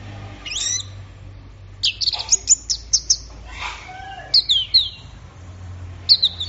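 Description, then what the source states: Orange-headed thrush song: a string of sharp chirps and whistled slurs in short bursts, with a brief soft rushing noise midway. Orange-headed thrush in full song (gacor teler), offered as a training recording for songbirds; part of an offline thrush-sound collection.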